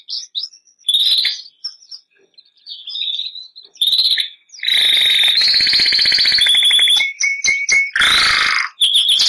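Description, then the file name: Bernois canary song: sparse short notes at first, then loud extended trills and rattling rolls separated by brief pauses. "canto do canario bernois"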